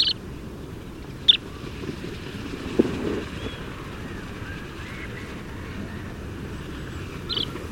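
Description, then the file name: Common ringed plover giving three short, high clipped call notes spread throughout, two close together near the start and one near the end, over steady low wind-like rumble. "Grand Gravelot"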